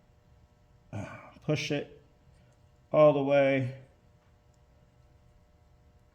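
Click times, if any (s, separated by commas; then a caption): none. A lubed TBI fuel injector with new O-rings, lined up by its tab, is being pushed down into the throttle body bore of a Chevy 5.7 throttle body. Someone talks between about 0.9 and 3.9 seconds, followed by quiet room noise. Nothing has seated or clicked yet.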